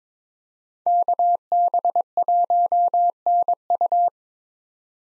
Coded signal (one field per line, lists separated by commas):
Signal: Morse code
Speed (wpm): 22 wpm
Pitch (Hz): 700 Hz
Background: none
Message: KB1NU